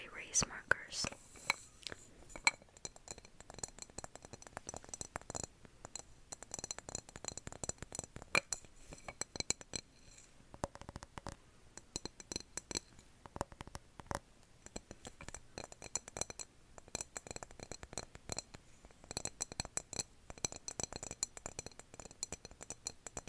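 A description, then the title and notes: Glass objects are tapped and clinked, producing a steady run of sharp, bright ticks and chimes. Taps come quickly and irregularly throughout, in dense clusters, with a few louder clinks near the start. ASMR Glass Triggers For Sleep.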